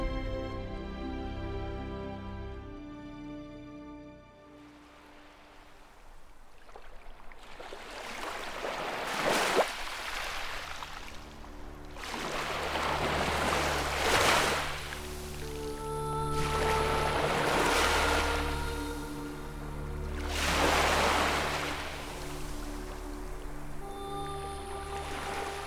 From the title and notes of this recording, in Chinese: 海洋，暴风雨音效出自网站：小森平。